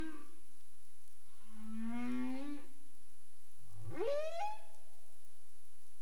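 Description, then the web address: Humpback whale calls, a rising harmonic moan followed by a sharp upsweeping whoop. Caribbean, 27 April 2035, 22:29 UTC. "humpback whale 20350427 222931 UTC"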